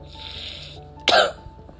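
A single short, forceful cough from an adult woman who is sick lasts about a quarter of a second and sounds harsh and slightly wet, like an ordinary illness cough. A faint steady hiss sits in the background before it.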